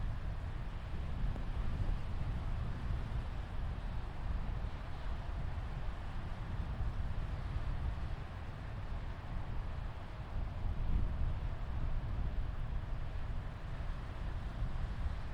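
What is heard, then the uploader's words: Steady low rumble at Jones Beach, a dense roar of surf and wind that barely changes, with a faint brighter hiss above. Jones Beach.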